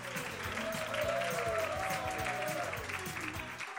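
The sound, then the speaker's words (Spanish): Sustained audience applause at a "precarious fashion" runway show, greeting the last women to enter, a dense wash of clapping that holds steady throughout, with a faint whistle-like tone gliding over it and some low murmuring underneath. “Un aplauso para las últimas compañeras que acaban de entrar.”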